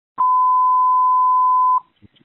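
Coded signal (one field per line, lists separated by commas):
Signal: pager alert tone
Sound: one steady pure tone near 1 kHz lasting about 1.6 seconds, then a click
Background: radio static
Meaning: Long tone sent for a manual dispatch of units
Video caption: *Annoying Long Beep for Manual Dispatch*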